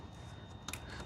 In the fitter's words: And you're gonna hear like a little click. That's opening the little teeth so you can pull the line out.